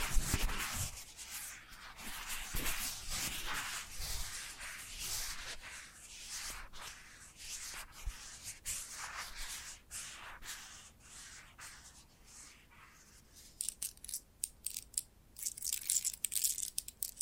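Soft brushing and scratching sweeps, bright and airy, run in dense overlapping strokes for the first twelve seconds. After that the strokes become sparser, sharper taps and clicks in quick bursts. No voice is heard.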